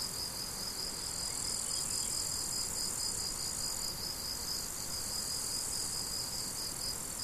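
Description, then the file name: Crickets chirping in a steady high pulsed trill over a continuous higher hiss. Crickets recorded 17 July 2012 on an MZ-N710 recorder. "grillons 17 07 2012"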